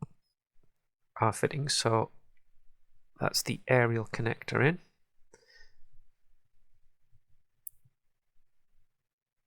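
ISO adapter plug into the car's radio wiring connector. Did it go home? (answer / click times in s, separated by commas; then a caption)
yes / 7.7 s. Someone talks while fitting an aftermarket head unit to a 2008–2015 Vauxhall Corsa D, then the ISO wiring adapter is plugged onto the car's plastic radio wiring loom connector. A sharp click at 7.7 s marks the adapter latching and locking into place.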